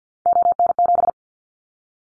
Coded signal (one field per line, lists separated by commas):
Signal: Morse code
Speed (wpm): 50 wpm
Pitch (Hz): 700 Hz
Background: none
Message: ON7